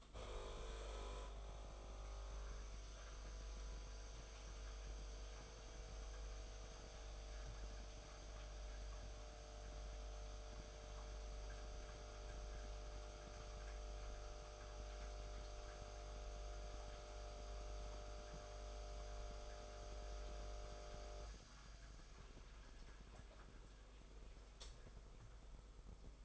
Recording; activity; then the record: daily activity, microphone in the room; make coffee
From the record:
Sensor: 5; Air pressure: 990.9 hPa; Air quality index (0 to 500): 145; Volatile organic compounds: 130 ppm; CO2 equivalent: 3927 ppm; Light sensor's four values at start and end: 35/111/42/45 and 35/111/42/45